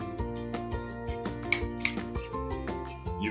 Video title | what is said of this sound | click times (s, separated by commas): LC/MU One-Click Fiber Optic Cleaner - FS | insert the tip of the cleaner into the adapter and press the cleaner body until you hear a click you finish | 1.5 s, 1.9 s